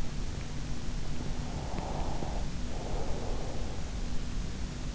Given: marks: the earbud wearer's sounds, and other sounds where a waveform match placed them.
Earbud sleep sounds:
sounds in sleep by an in-ear microphone; breath
1.61-3.66 s: breath

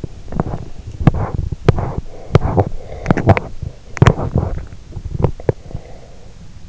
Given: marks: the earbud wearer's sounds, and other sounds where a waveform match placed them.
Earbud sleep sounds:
sounds in sleep by an in-ear microphone; teeth grinding
0.00-5.85 s: teeth grinding

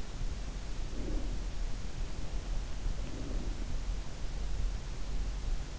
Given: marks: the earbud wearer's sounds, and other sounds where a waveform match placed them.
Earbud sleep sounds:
sounds in sleep by an in-ear microphone; breath
0.00-5.79 s: sound from someone else or the room
0.75-1.76 s: breath
2.76-4.18 s: breath

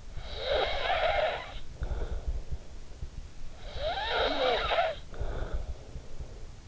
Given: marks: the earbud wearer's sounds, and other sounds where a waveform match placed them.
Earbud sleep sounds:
sounds in sleep by an in-ear microphone; snoring breath
0.00-2.71 s: snoring breath
3.40-6.34 s: snoring breath

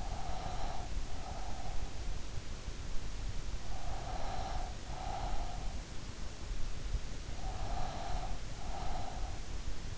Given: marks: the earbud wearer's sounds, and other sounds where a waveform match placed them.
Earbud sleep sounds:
sounds in sleep by an in-ear microphone; breath
0.00-2.19 s: breath
3.86-5.80 s: breath
7.55-9.56 s: breath

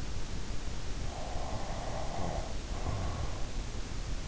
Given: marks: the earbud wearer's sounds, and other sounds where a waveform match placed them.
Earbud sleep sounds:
sounds in sleep by an in-ear microphone; snoring breath
1.39-3.33 s: snoring breath

